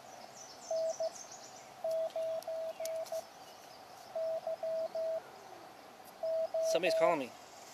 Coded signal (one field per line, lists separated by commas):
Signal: Morse code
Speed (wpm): 15 wpm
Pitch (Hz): 650 Hz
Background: speech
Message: N9YO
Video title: Live Portable QRP Today! Elecraft KX2 Random Wire Antenna